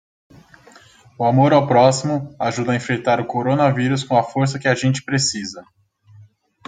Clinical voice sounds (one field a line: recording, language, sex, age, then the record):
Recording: spoken sentence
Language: Brazilian Portuguese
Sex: male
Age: 20 to 29 years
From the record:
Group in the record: control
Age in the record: 28 years